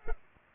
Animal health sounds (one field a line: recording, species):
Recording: mosquito wingbeat signal from an infrared sensor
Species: Culex pipiens